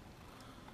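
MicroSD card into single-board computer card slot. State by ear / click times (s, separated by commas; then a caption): not seated / none. A microSD card is handled at the spring-loaded card slot of a Raspberry Pi 2 single-board computer. Only a steady, low background hum is heard, with no distinct transients. Nothing has seated or clicked yet.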